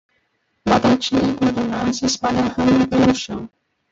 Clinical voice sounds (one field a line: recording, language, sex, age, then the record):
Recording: short text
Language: Brazilian Portuguese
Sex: male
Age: 20 to 29 years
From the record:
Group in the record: control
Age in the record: 20 years